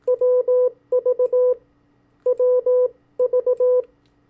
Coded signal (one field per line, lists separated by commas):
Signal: Morse code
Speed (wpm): 18 wpm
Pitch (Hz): 500 Hz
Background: none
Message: WV WV